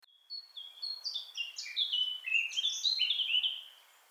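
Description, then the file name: Eurasian blackcap delivering a hurried warbling phrase that begins with thin notes and swells into louder, fluty whistles. "Sylvia atricapilla"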